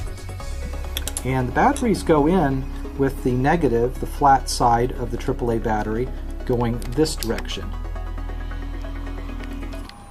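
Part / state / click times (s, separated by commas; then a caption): AAA battery into voice recorder battery compartment / seated / 9.9 s. An AAA battery is pressed flat negative end first into the plastic battery compartment of an Olympus VN 5200 PC digital audio voice recorder while someone talks over background music. After the talking ends, a few small handling taps are heard, and the battery snaps into place with a sharp click at 9.9 s.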